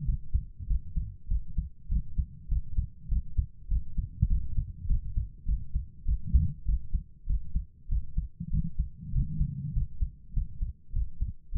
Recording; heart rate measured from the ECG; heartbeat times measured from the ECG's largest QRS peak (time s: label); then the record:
heart sounds by stethoscope; 99 bpm
0.04 s: heartbeat
0.66 s: heartbeat
1.27 s: heartbeat
1.87 s: heartbeat
2.47 s: heartbeat
3.07 s: heartbeat
3.67 s: heartbeat
4.26 s: heartbeat
4.86 s: heartbeat
5.44 s: heartbeat
6.04 s: heartbeat
6.64 s: heartbeat
7.25 s: heartbeat
7.87 s: heartbeat
8.49 s: heartbeat
9.11 s: heartbeat
9.72 s: heartbeat
10.32 s: heartbeat
10.92 s: heartbeat
11.51 s: heartbeat
From the record:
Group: healthy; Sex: female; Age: 32 years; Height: 172 cm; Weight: 71.7 kg